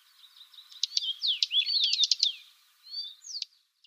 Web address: Schulze Peter Dusky Warbler calls